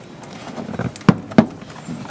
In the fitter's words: Push them in, you'll hear them click into place.